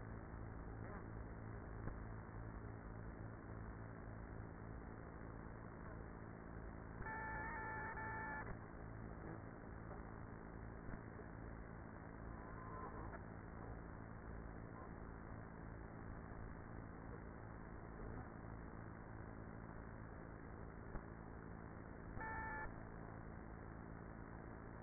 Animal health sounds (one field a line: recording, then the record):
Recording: honeybee colony, microphone inside the hive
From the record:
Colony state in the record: queenless with a low population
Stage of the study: after two queens were removed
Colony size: about 30,000 bees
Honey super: no